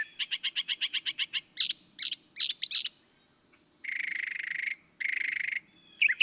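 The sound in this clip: Northern mockingbird song: a fast run of repeated sharp notes, then a few louder phrases and two long harsh buzzy bursts.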